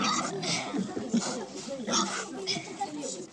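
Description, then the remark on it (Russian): A pig squeals and grunts in a run of harsh, shrill bursts and lower snorts as it is let go and rushes back toward a burrow, mixed with people talking over the commotion. “Ребята отпускают свинью, и она с визгом и хрюканьем вновь устремляется к норе.”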